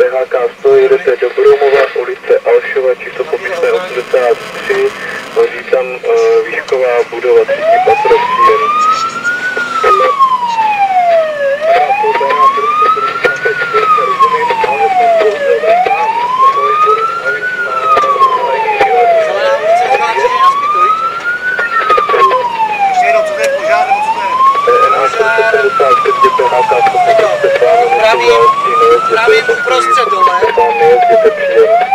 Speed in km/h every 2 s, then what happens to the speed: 0, 0, 0, 12, 20, 22, 27, 32, 32, 34, 36, 37, 39, 41, 42, 41.
0-5 standing. 5-27 pulls away to 42.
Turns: none.